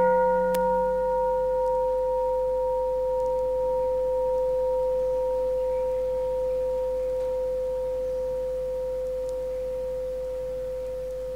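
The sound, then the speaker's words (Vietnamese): A single strike of a Buddhist temple bell, the second bell of a ceremony, rung in homage to the Dharma. It is followed by a long, steady ring of clear, humming tones that fade very slowly over about ten seconds. No voices are heard. “Nghe tiếng chuông thứ hai, đem hết tâm chân thành cung kính hướng về chánh pháp.”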